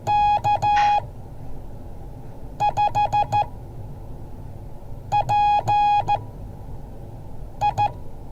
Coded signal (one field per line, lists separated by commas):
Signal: Morse code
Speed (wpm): 14 wpm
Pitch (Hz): 830 Hz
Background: none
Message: K5PI